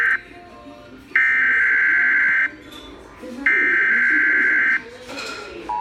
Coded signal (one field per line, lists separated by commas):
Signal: Emergency Alert System (SAME) tones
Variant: header bursts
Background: speech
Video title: EAS #136 Tornado Warning